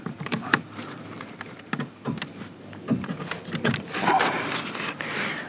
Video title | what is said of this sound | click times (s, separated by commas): MERECEDES BENZ C250 Interior Door Handle Repair / Replacement 2008 - 2014 ***Save $1,000*** | Just get it in there until you hear the click. | 0.3 s, 0.5 s